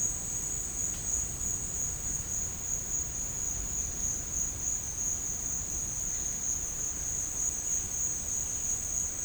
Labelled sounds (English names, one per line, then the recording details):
none
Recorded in dense forest near Puerto Asís, Putumayo, Colombia, on 25 June 2025 at 13:00
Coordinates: 0.481, -76.323
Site G072